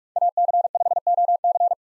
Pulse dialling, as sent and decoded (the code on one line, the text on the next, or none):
none